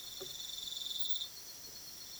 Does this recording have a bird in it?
no